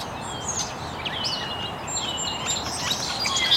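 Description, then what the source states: Birds chirping, several thin whistled notes and short sliding chirps overlapping high up, over a steady broad hiss of background noise. Birds chirping very early in the morning in an estuary.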